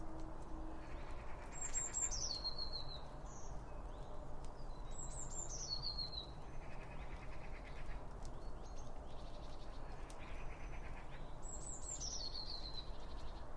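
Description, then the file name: Birds singing a high descending whistled phrase repeated three times, each sliding downward, over steady low rumbling background noise. Around a bird feeder, with two Line Audio OM 1 microphones. "Birds Around Birdfeeding With Two Om 1 From Line Audio"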